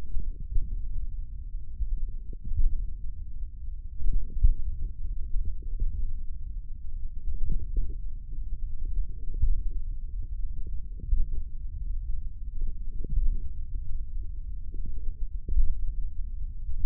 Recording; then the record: forearm muscle sounds (acoustic myography)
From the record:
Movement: tripod grip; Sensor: system 1, eight BSWA MPA416 microphones around the upper forearm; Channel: 5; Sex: male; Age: 28 years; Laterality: right